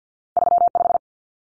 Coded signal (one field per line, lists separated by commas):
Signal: Morse code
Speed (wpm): 50 wpm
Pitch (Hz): 700 Hz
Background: none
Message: 35